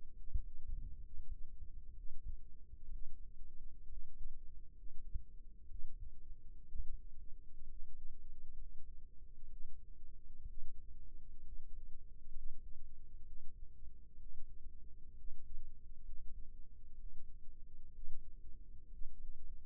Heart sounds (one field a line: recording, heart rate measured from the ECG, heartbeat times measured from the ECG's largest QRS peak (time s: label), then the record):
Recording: heart sounds by microphone in the right ear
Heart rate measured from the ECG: 64 bpm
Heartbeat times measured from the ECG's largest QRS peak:
0.14 s: heartbeat
1.02 s: heartbeat
1.93 s: heartbeat
2.89 s: heartbeat
3.86 s: heartbeat
4.74 s: heartbeat
5.67 s: heartbeat
6.66 s: heartbeat
7.66 s: heartbeat
8.55 s: heartbeat
9.49 s: heartbeat
10.45 s: heartbeat
11.43 s: heartbeat
12.32 s: heartbeat
13.24 s: heartbeat
14.17 s: heartbeat
15.15 s: heartbeat
16.03 s: heartbeat
16.95 s: heartbeat
17.91 s: heartbeat
18.89 s: heartbeat
From the record:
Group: healthy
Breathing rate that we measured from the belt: 16 breaths a minute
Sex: male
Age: 22 years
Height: 181 cm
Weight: 79 kg